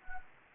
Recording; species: mosquito wingbeat signal from an infrared sensor; Anopheles gambiae